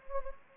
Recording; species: mosquito wingbeat signal from an infrared sensor; Anopheles gambiae